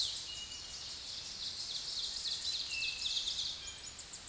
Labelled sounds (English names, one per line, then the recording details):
Ovenbird song
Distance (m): 40 m
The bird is about 5 m above the microphone
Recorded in a Pennsylvania forest on 16 May 2024 at 06:00
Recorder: AudioMoth, point MSD-2131
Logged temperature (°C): 14.8 °C
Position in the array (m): 79 m, 7 m